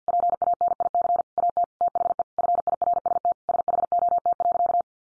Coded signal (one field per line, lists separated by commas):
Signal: Morse code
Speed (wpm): 50 wpm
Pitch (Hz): 700 Hz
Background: none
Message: PANIC AT THE FIRST SHOT.